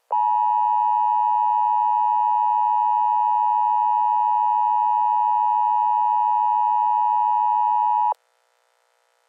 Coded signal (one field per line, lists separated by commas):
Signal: Emergency Alert System (SAME) tones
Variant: 853 and 960 Hz attention tone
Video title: EAS Scenario - Transformed